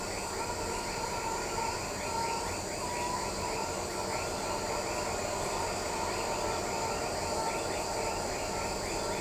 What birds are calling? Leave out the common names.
none